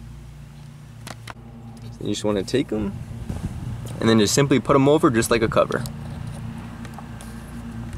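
An aluminum knob cover for a 2016-2020 Chevy Camaro is handled and pushed toward a plastic climate-control knob on the dashboard while someone talks. A few faint sharp ticks sound through a low steady hum, but nothing has seated or clicked yet.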